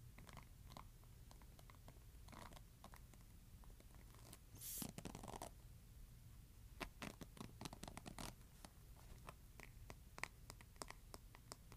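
A hairbrush scratching in short, dry strokes, with brief bright rasps scattered irregularly throughout and a denser run of quick strokes between about 7 and 8 seconds. A longer, louder scrape comes near 5 seconds, over a steady low hum underneath.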